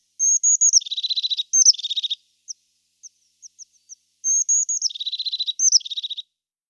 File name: Mésange-huppée